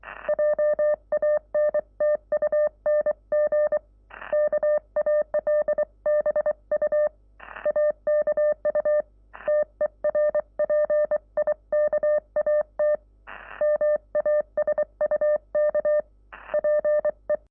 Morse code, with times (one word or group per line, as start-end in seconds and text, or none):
0.3-3.8 JANTUNG
4.3-7.1 KALBU
7.7-9.0 AKU
9.5-13.0 TERPIKAT
13.6-16.0 MASUK
16.5-17.4 PE